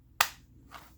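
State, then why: Seated. A TEGE Tactical holster for the CZ P-07 and Beretta PX4 has its belt-loop clamp pushed over a belt, which gives a sharp, loud snap at 0.2 s as it clicks locked on. A softer, duller sound follows at about 0.7 s, and the clamp is seated and locked.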